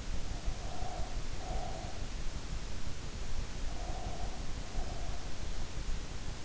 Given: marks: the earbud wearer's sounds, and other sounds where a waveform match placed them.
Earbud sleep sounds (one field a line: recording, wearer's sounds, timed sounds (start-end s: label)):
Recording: sounds in sleep by an in-ear microphone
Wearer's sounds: breath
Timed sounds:
0.50-1.96 s: breath
3.63-5.52 s: breath